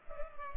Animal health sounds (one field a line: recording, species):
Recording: mosquito wingbeat signal from an infrared sensor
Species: Culex pipiens